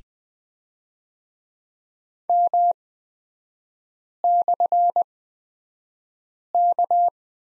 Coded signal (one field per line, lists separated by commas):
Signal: Morse code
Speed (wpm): 20 wpm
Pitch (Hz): 700 Hz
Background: none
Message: M/K